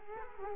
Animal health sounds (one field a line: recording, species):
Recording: mosquito wingbeat signal from an infrared sensor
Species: Culex quinquefasciatus